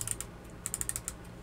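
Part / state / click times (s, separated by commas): micrometer ratchet thimble closing on a steel mainspring / torque reached / 0.0 s, 0.1 s, 0.7 s, 0.8 s, 0.9 s, 1.0 s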